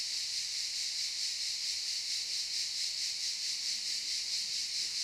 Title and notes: Camping Africa, Via Aurelia, Albinia, Grosseto, Toscana, 58015, Italia - Cicale nel campeggio. Cicale nella pineta del campeggio. Cicadas in the pine forest of the campsite